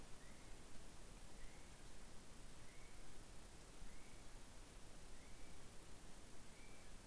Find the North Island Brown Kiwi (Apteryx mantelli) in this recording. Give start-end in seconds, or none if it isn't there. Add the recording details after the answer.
0.00-7.05. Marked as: faintness 4/5. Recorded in New Zealand on 14 December 2015. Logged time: 00:43. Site CG68